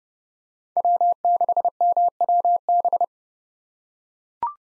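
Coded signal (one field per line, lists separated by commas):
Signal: Morse code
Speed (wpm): 30 wpm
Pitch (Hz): 700 Hz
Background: none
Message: W6MWB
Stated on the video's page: Morse practice of five-character USA call signs at 30 wpm with 8x Farnsworth character spacing.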